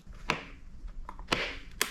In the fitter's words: So, like that. You can see it clicked in. Now, it's in there.